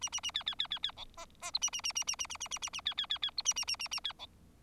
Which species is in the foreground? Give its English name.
Bengalese Finch